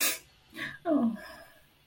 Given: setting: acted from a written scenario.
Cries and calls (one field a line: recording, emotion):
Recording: vocal sound without words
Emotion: sadness